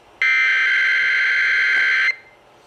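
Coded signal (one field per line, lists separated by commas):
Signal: Emergency Alert System (SAME) tones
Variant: header bursts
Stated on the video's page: Real EAS alerts received over a month, mostly tests.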